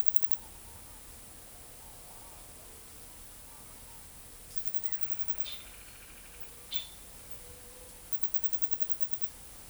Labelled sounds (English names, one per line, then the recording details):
none
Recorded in forest near Pivijay, Magdalena, Colombia, on 5 June 2023 at 11:00
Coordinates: 10.467, -74.380
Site Z5-G034